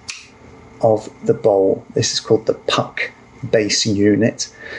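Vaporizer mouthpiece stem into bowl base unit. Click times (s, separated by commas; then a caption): 0.1 s. A vaporizer mouthpiece stem, holding a polished ceramic herb pot, clicks into the base of the bowl unit (the puck base unit) with a sharp, short click at 0.1 s. Someone then talks, and the stem is seated.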